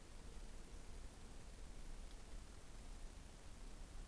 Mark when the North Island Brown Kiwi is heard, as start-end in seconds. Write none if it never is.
none